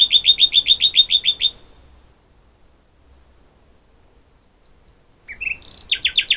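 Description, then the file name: Common nightingale song: rapid repeated sharp chirps in a steady series, silence, then a rising note and another fast repeated burst. "Luscinia megarhynchos"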